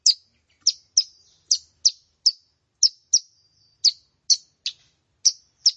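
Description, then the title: Plain prinia song: single sharp, high chirps spaced about half a second apart, some trailing into a thin, fading tail. "Ciblek Sawah"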